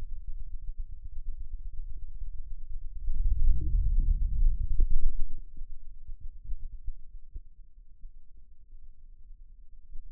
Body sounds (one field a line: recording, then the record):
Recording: forearm muscle sounds (acoustic myography)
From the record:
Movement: wrist flexion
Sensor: system 2, bracelet of six BSWA MPA416 microphones around the upper forearm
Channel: 4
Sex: male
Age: 22 years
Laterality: right